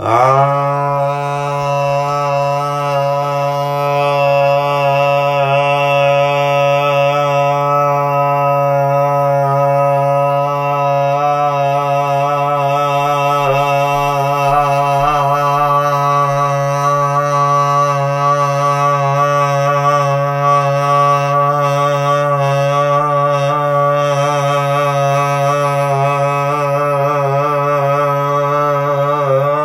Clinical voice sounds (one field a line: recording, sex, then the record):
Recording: sustained vowel /a/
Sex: male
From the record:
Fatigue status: no fatigue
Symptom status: asymptomatic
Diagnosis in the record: COVID-19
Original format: m4a